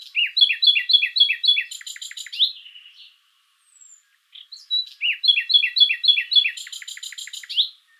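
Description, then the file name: Common nightingale delivering two similar phrases of fast repeated chirps ending in clicking pulses and a slurred note, separated by a brief pause. "Luscinia megarhynchos"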